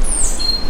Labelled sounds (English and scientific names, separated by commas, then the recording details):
Stitchbird (Notiomystis cincta) song
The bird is a male
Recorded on Tiritiri Matangi Island, New Zealand, in 2005
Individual 3, of nest box 3